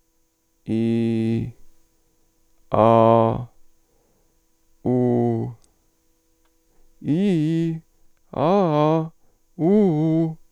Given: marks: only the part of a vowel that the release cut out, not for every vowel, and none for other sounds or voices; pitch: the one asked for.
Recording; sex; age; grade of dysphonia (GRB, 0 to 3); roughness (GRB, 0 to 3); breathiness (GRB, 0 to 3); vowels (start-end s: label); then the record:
sustained vowels; male; 40 to 49 years; 1; 1; 1
0.77-1.33 s: vowel /i/, low pitch
2.79-3.30 s: vowel /a/, low pitch
4.89-5.39 s: vowel /u/, low pitch
7.12-7.64 s: vowel /i/, low-high-low pitch
8.43-8.97 s: vowel /a/, low-high-low pitch
9.68-10.20 s: vowel /u/, low-high-low pitch
From the record:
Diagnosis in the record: hypofunctional dysphonia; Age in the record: 47 years